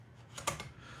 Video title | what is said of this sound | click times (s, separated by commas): BMAC: Converting a C128 Sonar Program to the MEGA65 Live Stream - And retro books unboxings! #C128 | got a satisfying click when it goes in there so | 0.5 s